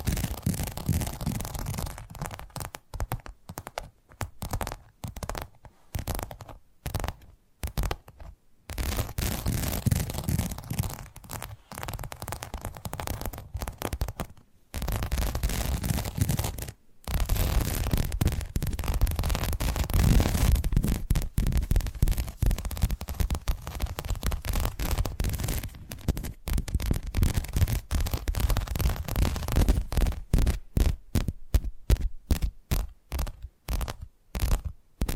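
Tapping triggers: a steady run of quick, dense taps and scratchy knocks fills most of the stretch, with brief silent gaps near the start, around 14 and 17 seconds, and again in the last five seconds, where the taps become sparser and more evenly spaced. A low rumble sits underneath.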